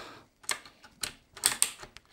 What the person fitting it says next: Hat eingerastet, dann können wir die Pfeiltaste abnehmen.